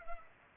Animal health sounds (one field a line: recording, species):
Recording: mosquito wingbeat signal from an infrared sensor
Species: Culex pipiens